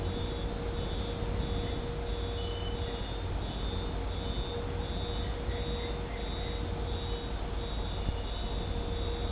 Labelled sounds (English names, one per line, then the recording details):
none
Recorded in dense forest near Puerto Asís, Putumayo, Colombia, on 26 December 2024 at 20:00
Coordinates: 0.503, -76.323
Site G043